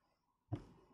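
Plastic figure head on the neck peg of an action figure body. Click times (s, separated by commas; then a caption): 0.5 s. A plastic head pops off the neck peg of a knock-off blank action figure body, coming loose again. After a near-silent start, a faint single hit sounds at 0.5 s and fades over the rest of the second. The head is released from the peg.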